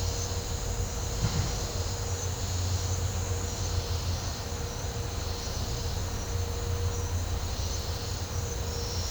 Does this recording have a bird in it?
no